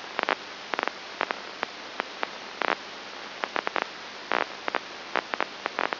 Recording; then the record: brain microelectrode recording played as sound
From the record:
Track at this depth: inside the subthalamic nucleus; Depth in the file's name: 3.302 mm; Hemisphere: left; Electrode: 2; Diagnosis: Parkinson's disease